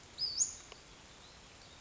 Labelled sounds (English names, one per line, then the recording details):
Western Flycatcher
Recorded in Sonoma County, California